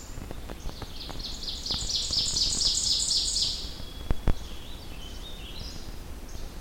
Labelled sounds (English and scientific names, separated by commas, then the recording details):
Ovenbird (Seiurus aurocapilla) song
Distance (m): 25 m
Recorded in boreal forest in Alberta, Canada, on 21 June 2016 at 06:51
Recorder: SongMeter 3, array SBT-6-81
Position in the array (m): 29 m, 96 m
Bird 24